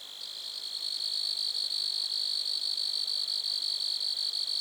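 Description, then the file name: Grasshoppers give a continuous high shrill buzz that fades in at the start, then holds steady with rapid, slightly uneven pulses. Recorded at Lac-à-la-Croix, Montcerf-Lytton, Quebec, Canada. "criquets-grasshoppers- -lac-acc 80-franccca 7 ois-montcerf-lytton-quecc 81 bec-canada"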